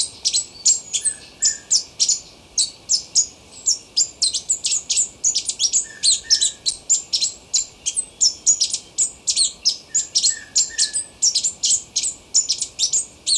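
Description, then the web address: Plushcap calls: long run of high-pitched, thin chips delivered rapidly and continuously, with occasional soft lower whistled notes behind them. Ecuador. "Birds of Ecuador. Plushcap"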